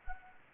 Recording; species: mosquito wingbeat signal from an infrared sensor; Anopheles gambiae